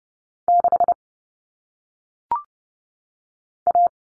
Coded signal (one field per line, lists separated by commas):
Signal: Morse code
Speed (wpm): 30 wpm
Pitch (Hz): 700 Hz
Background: none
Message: 6 A